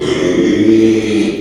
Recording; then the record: squeal of a Yucatan mini pig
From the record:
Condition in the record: after surgery on the right vocal fold (resection and tissue-engineered implant); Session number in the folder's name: 2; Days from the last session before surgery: 13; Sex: male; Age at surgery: 12 weeks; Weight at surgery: 13 kg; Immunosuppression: cyclosporine, prednisolone